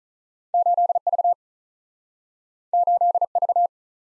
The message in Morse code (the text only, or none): 8 V 8 V